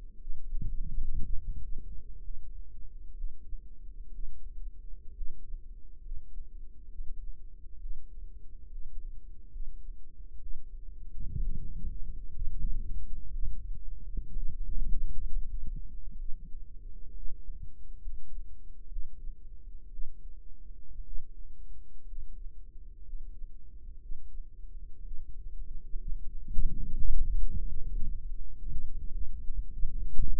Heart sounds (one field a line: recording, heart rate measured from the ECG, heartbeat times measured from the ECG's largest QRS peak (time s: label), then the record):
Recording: heart sounds by microphone in the right ear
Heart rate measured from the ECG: 63 bpm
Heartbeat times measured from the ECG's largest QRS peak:
0.18 s: heartbeat
1.22 s: heartbeat
2.21 s: heartbeat
3.14 s: heartbeat
4.11 s: heartbeat
5.13 s: heartbeat
6.02 s: heartbeat
6.88 s: heartbeat
7.79 s: heartbeat
8.68 s: heartbeat
9.50 s: heartbeat
10.39 s: heartbeat
11.40 s: heartbeat
12.32 s: heartbeat
13.31 s: heartbeat
14.33 s: heartbeat
15.24 s: heartbeat
16.16 s: heartbeat
17.14 s: heartbeat
18.00 s: heartbeat
18.89 s: heartbeat
19.90 s: heartbeat
21.04 s: heartbeat
22.06 s: heartbeat
23.03 s: heartbeat
24.00 s: heartbeat
25.02 s: heartbeat
25.97 s: heartbeat
26.96 s: heartbeat
27.89 s: heartbeat
28.70 s: heartbeat
29.71 s: heartbeat
From the record:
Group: healthy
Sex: female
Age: 28 years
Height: 170 cm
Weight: 77 kg